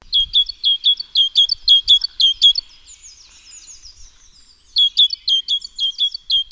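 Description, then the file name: Great tit song of sharp paired notes repeated briskly for over two seconds, a quieter twittering gap, then the paired phrase resumes. "Parus major"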